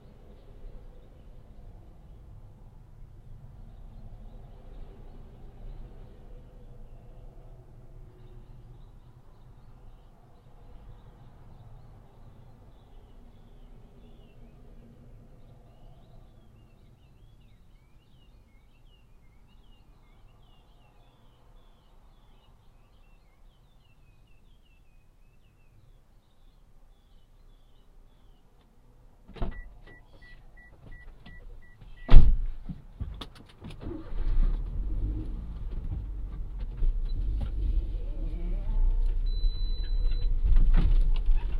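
Driving by car to a farm stand: a low engine rumble fills the first half, with faint bird chirps overhead around 10–28 seconds. Near 30 seconds a short steady beep sounds, then a sharp clack, and from about 34 seconds a louder, rougher road and engine noise takes over.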